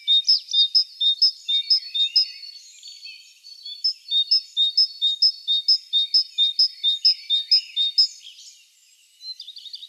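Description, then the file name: Great tit singing a brisk, ringing two-note phrase over and over in two runs separated by a short pause. "Parus major"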